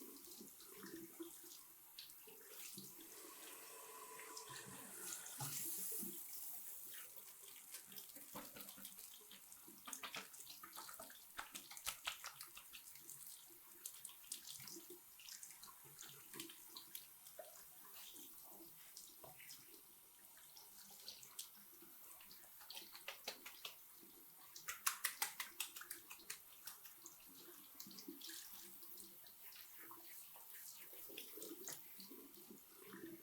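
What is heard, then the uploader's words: Running water and splashing at a barber's shampoo basin, with busy wet rubbing and brief louder bursts around five and twenty-five seconds. ASMR Relaxing Barber Shop (No Talking) Haircut, Shaving, Shampoo & Massage, etc.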